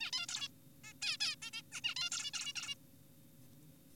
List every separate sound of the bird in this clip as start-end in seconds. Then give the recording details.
0.01-0.11, 0.13-0.26, 0.29-0.48, 0.84-0.93, 1.02-1.17, 1.20-1.36, 1.42-1.51, 1.53-1.62, 1.72-1.81, 1.84-1.95, 1.96-2.10, 2.12-2.31, 2.34-2.53, 2.56-2.75. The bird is an adult. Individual g4p5U